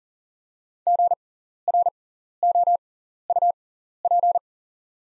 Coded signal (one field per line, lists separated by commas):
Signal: Morse code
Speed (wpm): 39 wpm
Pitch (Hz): 700 Hz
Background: none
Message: GROUP